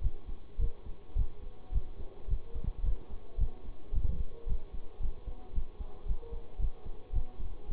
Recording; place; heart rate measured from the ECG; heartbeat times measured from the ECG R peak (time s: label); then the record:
heart sounds by stethoscope; between the tricuspid and mitral areas; 110 bpm
0.01 s: heartbeat
0.58 s: heartbeat
1.15 s: heartbeat
1.71 s: heartbeat
2.27 s: heartbeat
2.82 s: heartbeat
3.37 s: heartbeat
3.92 s: heartbeat
4.46 s: heartbeat
5.00 s: heartbeat
5.53 s: heartbeat
6.05 s: heartbeat
6.58 s: heartbeat
7.12 s: heartbeat
7.68 s: heartbeat
From the record:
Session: bicycle stress test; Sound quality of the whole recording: good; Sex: male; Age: 26 years